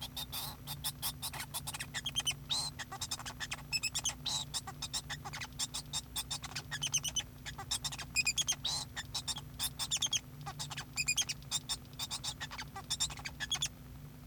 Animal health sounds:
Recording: song of a male Bengalese finch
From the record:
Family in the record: son of father 2

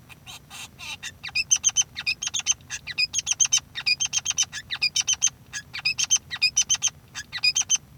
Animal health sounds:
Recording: song of a male Bengalese finch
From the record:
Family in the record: son of father 3

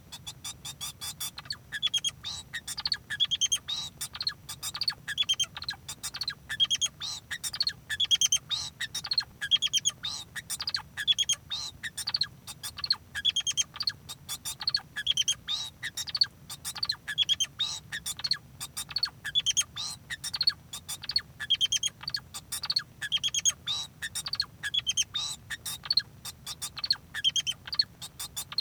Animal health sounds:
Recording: song of a male Bengalese finch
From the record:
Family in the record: son of father 2

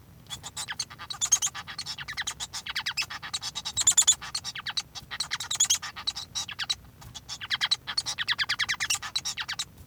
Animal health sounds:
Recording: song of a male Bengalese finch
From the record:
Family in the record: son of father 1

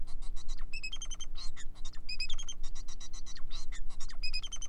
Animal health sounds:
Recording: song of a male Bengalese finch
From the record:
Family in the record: son of father 4

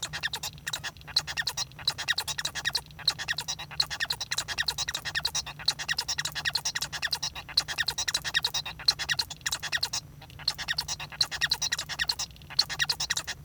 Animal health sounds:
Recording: song of a male Bengalese finch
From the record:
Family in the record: son of father 1

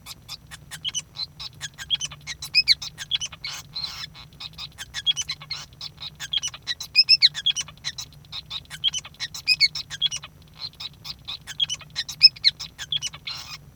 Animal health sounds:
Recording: song of a male Bengalese finch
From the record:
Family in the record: son of father 5

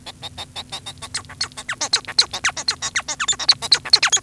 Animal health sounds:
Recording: song of a male Bengalese finch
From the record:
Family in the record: son of father 1

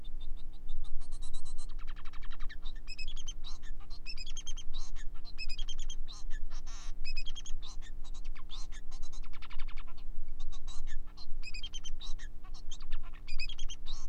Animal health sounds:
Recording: song of a male Bengalese finch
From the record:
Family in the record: son of father 4

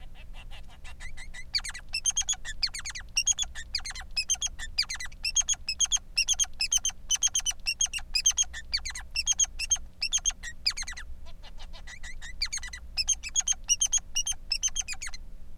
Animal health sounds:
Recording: song of a male Bengalese finch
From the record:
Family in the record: son of father 3

